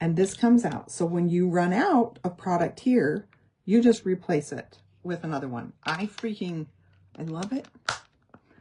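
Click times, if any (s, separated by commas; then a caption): 8.3 s. A replacement cushion foundation refill, a plastic insert, is pressed into its compact case while someone talks. A short, sharp click at 8.3 s is the refill snapping into place, seated.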